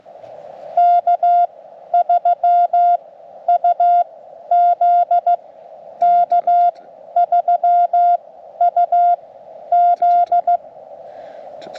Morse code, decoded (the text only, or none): K3UZ K3UZ